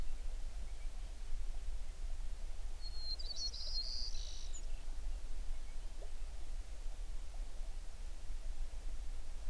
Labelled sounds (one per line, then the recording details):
songbird
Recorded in the Prudhoe Bay oil fields, Alaska, on 11 June 2019 at 05:30
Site 21